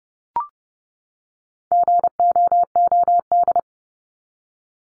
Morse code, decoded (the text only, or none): GOOD